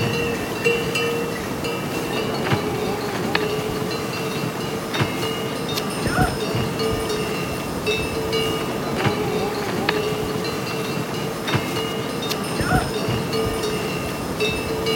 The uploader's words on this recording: Lobuche To Everest Base Camp. Outdoor sounds, including walking, breathing, ambient sounds and crossing paths with a ‘Yak train’ carrying goods, with local whistles and utterances.